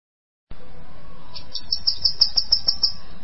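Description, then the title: Bananaquit song: after a quiet start, a rapid series of high, thin notes. "Canto De Cambacica"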